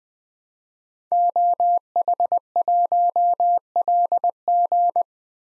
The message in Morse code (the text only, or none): OH1LG